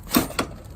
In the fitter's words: so as you can hear, that click means that the bolt is torqued right.